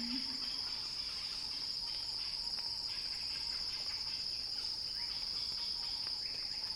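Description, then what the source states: Cicada song, a constant shrill buzz that stays level throughout, with faint scattered chirps underneath. Cicada song building in a crescendo.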